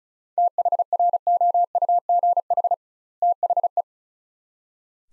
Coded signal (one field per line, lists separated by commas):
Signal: Morse code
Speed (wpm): 36 wpm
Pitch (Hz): 700 Hz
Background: none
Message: THROUGH THE